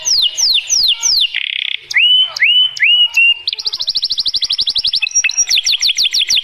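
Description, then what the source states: Atlantic canary song opening with loud falling whistled notes and a buzzy phrase, then shifting into quick repeated chips and rolling trills at a steady fast pace. Female.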